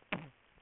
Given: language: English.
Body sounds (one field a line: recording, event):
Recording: throat vibration sensor signal played as sound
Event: cough